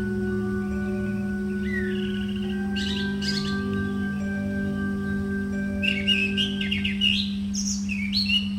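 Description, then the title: Bird calls with scattered chirps early on and a livelier cluster of high twittering notes later, with a persistent humming drone behind. "SuaraBurung Kicau"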